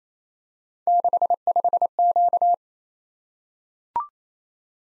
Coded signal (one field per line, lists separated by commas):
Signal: Morse code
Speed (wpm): 27 wpm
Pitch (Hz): 700 Hz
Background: none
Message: 65Q